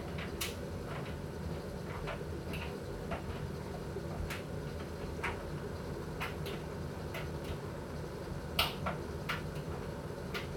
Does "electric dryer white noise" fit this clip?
yes